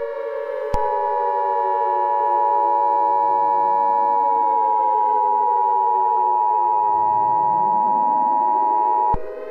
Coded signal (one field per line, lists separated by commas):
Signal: Emergency Alert System (SAME) tones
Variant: 853 and 960 Hz attention tone